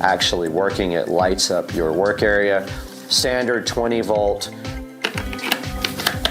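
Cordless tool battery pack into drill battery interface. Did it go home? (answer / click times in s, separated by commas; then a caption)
yes / 6.2 s. A 20 V slide-on DeWalt battery pack is pushed onto the plastic battery interface of a cordless drill while someone talks over background music. A few short handling taps start around 5.1 s, and the pack clicks into place at 6.3 s, fully seated.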